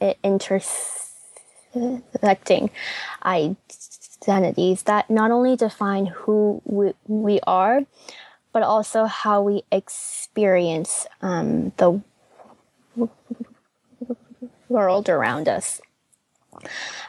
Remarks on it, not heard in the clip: You're not only a person who stutters, you're a first-generation Chinese-American woman, you're a student, a millennial.